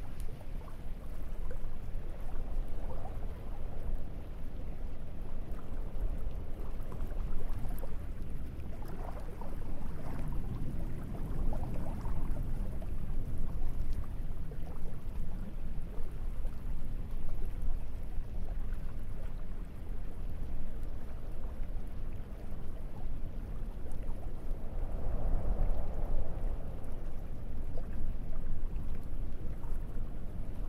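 A steady, dense wash of lapping water and a low, constant breeze runs throughout at an even level. Soft swells of water sound rise around ten to twelve seconds and again near twenty-five seconds before settling back into the continuous rumble.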